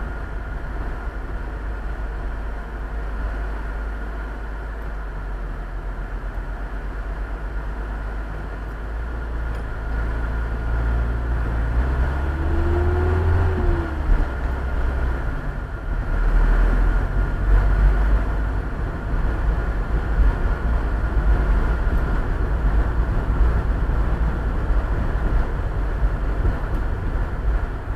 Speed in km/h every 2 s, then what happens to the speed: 17, 12, 3, 3, 2, 4, 11, 14, 19, 23, 27, 29, 31, 28.
0-3 brakes to 3. 7-9 standing. 9-24 pulls away to 31.